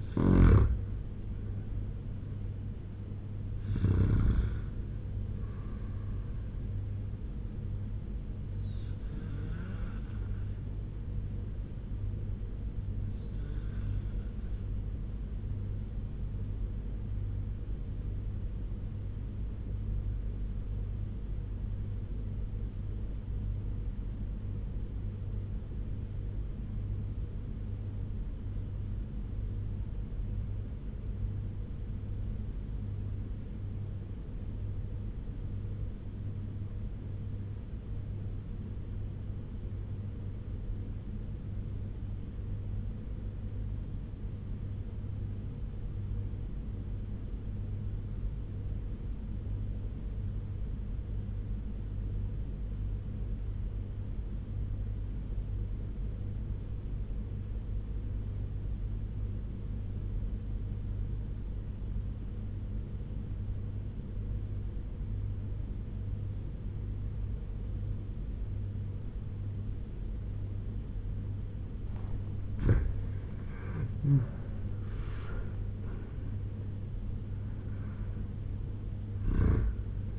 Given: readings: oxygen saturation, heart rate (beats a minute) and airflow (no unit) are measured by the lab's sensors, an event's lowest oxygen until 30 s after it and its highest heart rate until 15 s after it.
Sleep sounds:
breathing in sleep by a smartphone at the bedside; 1
14.00-73.40 s: obstructive apnea (N1, oxygen 97% highest, then 81% lowest, heart rate 82 at the start, 96 highest)
From the record:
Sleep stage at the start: N1 (lightest sleep); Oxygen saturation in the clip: 82 to 97%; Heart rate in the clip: 79 to 96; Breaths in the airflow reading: 5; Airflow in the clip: -9.0 to 7.7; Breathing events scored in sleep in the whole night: 201 in 6.5 hours asleep

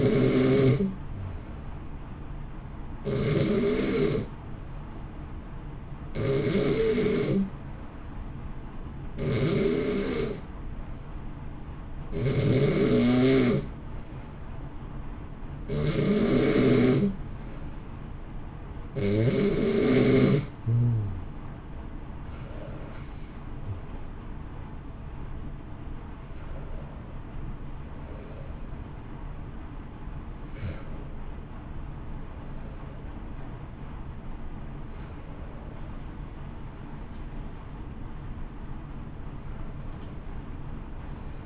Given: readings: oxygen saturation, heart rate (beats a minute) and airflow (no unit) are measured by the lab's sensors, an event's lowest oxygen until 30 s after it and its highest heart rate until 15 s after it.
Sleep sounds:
breathing in sleep by a smartphone at the bedside; 1
5.00-23.20 s: hypopnea (N2, oxygen 93% highest, then 91% lowest, heart rate 61 at the start, 64 highest)
24.00-41.46 s: new sleep stage, N1 (lightest sleep)
From the record:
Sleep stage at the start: N2 (light sleep); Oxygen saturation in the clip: 91 to 93%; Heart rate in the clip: 59 to 64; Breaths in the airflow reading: 14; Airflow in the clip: -1.0 to 1.2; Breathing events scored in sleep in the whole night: 328 in 6.3 hours asleep

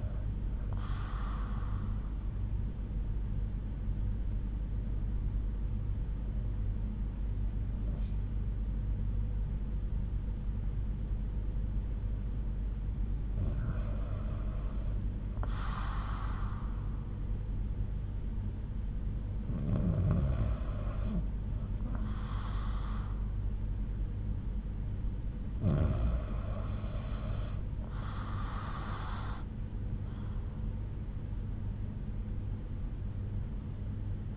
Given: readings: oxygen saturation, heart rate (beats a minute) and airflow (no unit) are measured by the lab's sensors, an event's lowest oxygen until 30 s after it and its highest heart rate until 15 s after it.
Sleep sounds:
breathing in sleep by a smartphone at the bedside; 1
3.00-21.40 s: hypopnea (N1, oxygen 97% highest, then 93% lowest)
20.00-34.37 s: new sleep stage, REM sleep
From the record:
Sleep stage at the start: N1 (lightest sleep); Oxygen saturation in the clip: 91 to 97%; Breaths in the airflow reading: 5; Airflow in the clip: -6.1 to 6.1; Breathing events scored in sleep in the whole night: 368 in 8.0 hours asleep

